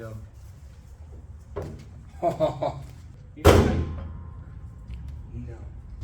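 The hood of a YJ Jeep Wrangler with a newly fitted, taller Hellcat engine is lowered and pushed shut, giving a short slam around 3.4 s while someone talks before and after. The hood closes but the latch does not catch, so nothing has latched yet.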